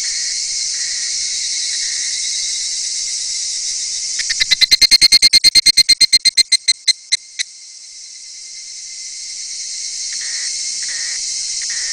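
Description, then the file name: Evening cicada song: a rapid series of loud ringing pulses that fades over about three seconds, set against a continuous high buzzing chorus. "ヒグラシの声 蝉 Sounds of Cicada"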